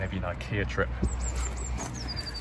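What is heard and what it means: The folded rear seat backrest of a Volvo S90 2.0 D4 Momentum Pro is handled as it is raised back toward its seat latch, while someone talks over a steady low hum and faint high whistling tones. Nothing has seated or clicked yet.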